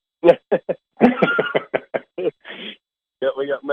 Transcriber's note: laughs